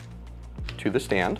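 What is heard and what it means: A handheld cold therapy laser is being fitted toward its hands-free mounting stand while someone talks over background music. Brief handling sounds are heard, but nothing has seated or clicked into the stand yet.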